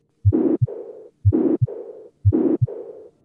Mitral Regurgitation and Aortic Regurgitation.